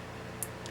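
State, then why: Seated. A plastic part with a small barb on the back, a little too wide and needing a bit more pushing, is pressed into its mating barb in a housing and snaps in with a sharp click at 0.4 s, followed by a fainter tick at 0.7 s over a steady low hum. The barbed connector is seated.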